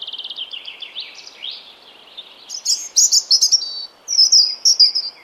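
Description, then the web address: European robin song, a fast run of high descending notes followed by sparkling, very high trilled phrases in short bursts, with soft background noise. "Deverinetal 2025 File origin Bird Only Er Ru"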